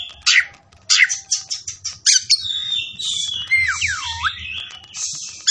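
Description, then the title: Oriental magpie-robin giving harsh squawking bursts followed by a sustained buzzy phrase and swooping whistled dips. Kacer fighting song (ngotot, full tembakan), meant to make a kacer fight within minutes. "Kacer Langsung Tarung Konslet KACER NGOTOT FULL TEMBAKAN"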